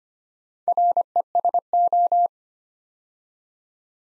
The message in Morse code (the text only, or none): RESO